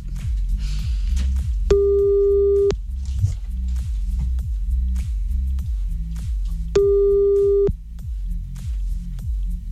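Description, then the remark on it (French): A telephone ringback tone sounds twice while someone is being called back, each steady mid-pitched beep lasting about a second with long gaps between, over a constant low, throbbing rhythmic rumble. “On va le rappeler d'ailleurs, tiens.”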